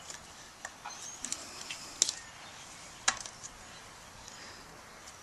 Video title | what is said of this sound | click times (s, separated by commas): Jeep Wrangler YJ - Changing U-Joints in the rear drive shaft. Part 2 | it in, make sure she seats. Hear it pop. | 2.0 s, 3.1 s